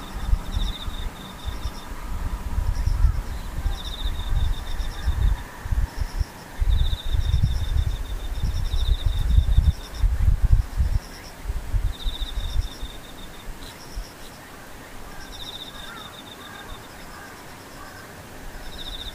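Insects chirp in short repeated high bursts about every second, over a gusty low rumble that swells and fades, calming after fifteen seconds.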